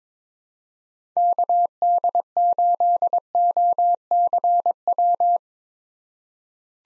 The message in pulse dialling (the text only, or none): none